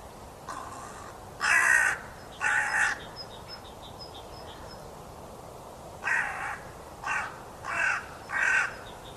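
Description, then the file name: Carrion crow giving harsh, raspy caws, one faint then a pair near the start, then a run of four after a pause. "Corvus corone"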